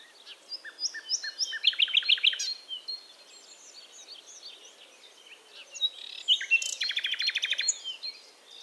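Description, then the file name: Common nightingale song: a varied phrase ending in a fast run of repeated notes, then after a pause a second loud, rapid trill. "Luscinia megarhynchos"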